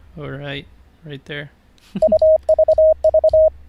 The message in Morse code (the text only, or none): UVV